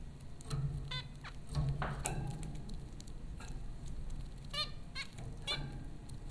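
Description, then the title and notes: Zebra finch calls, a few nasal honking beeps in quick pairs and singles against a constant low rumble. Zebra finches recorded by Dan Bodah at Popcorn School, Flatbush, Brooklyn, New York, in April 2009. "Dronecast: The Popcorn Finches Four from Apr 15, 2009. Zebra finches recorded by Dan Bodah at Popcorn School, Flatbush, Brooklyn NY in April 2009"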